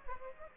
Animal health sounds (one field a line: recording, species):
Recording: mosquito wingbeat signal from an infrared sensor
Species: Aedes aegypti